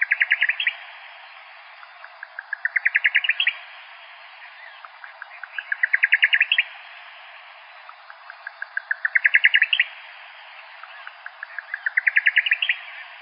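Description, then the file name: Buff-collared nightjar song: a series of clipped notes that speeds up and climbs to a sharp flourish, repeated about every three seconds over a steady hiss. "BCNI 1 deviche"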